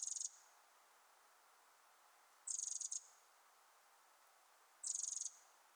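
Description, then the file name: Eurasian wren uttering rapid, high rattling call bursts of fine pulses, three bursts a couple of seconds apart. "Troglodytes troglodytes"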